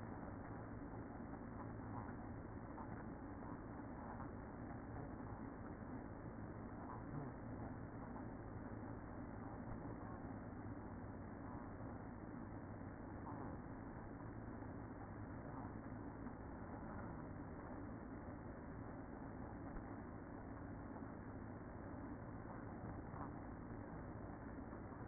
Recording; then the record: honeybee colony, microphone inside the hive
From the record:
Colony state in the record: queen present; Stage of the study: after two queens were removed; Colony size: about 60,000 bees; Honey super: yes